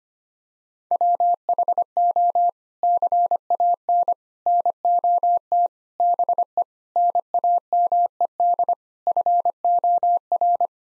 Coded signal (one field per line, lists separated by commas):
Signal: Morse code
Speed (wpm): 25 wpm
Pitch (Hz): 700 Hz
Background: none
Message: WHO CAN NOT BE NAMED FOR